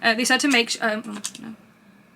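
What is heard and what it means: An interchangeable curling barrel is being handled and pushed toward the handle of a Mark Hill Pick 'n' Mix curling wand while someone talks. Nothing has seated or clicked into the handle yet, and the sound fades to quiet near the end.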